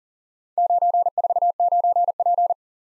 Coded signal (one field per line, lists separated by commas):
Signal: Morse code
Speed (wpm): 47 wpm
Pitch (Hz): 700 Hz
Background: none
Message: 949P